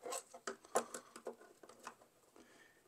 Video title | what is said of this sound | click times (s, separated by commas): Chitu Systems FilaPartner E1 Review - Intelligent Filament Dryer for Serious 3D Printing | and that snaps right back in. | 0.5 s